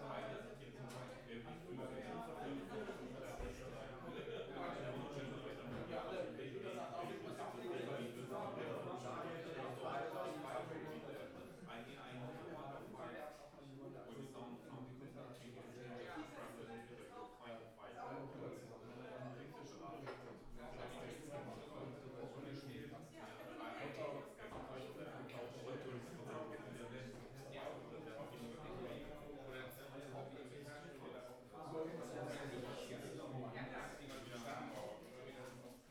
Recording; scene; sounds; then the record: everyday scene through a hearing-aid microphone; many people talking; many voices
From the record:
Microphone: behind the ear, right, rear